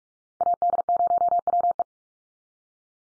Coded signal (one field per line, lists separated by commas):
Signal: Morse code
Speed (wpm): 44 wpm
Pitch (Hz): 700 Hz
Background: none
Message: AD0WE